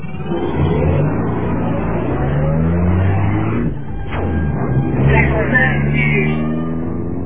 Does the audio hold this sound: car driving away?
yes